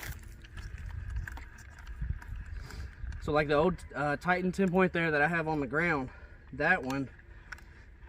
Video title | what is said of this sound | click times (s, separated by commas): TENPOINT Titan New & Lightweight With Decock! | you just heard that click that means we're there | 7.5 s